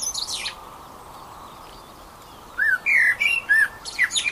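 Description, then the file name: Eurasian blackbird calls: after an opening note and a quiet pause, three clear, abrupt squawking notes come in quick succession, followed by softer trailing calls. "Turdus merula"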